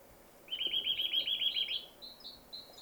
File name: Sitta europaea